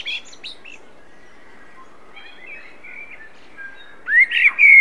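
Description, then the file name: Common blackbird song: a short high twitter, quiet whistled notes in the middle, then a loud fluty warbled phrase near the end, over steady hiss. "Turdus merula"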